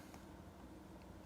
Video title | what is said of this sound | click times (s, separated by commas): Performance Driven Glock 19 Build 🔥- How To Install a Glock Performance Trigger In a Gen 3 Frame | Should click right in. | 0.1 s